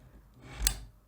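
A Tilta monitor mount's cold-shoe foot is pushed into the top handle of a Sony A7SIII camera rig. A faint sliding sound rises from about 0.4 s and ends in one sharp, bright click at 0.7 s as the handle's small locking button engages. The mount is seated and locked in place.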